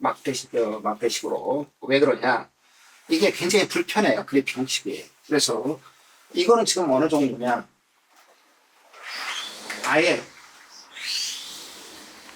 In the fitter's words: 아예 잠기지 않습니다. 고장이 나서.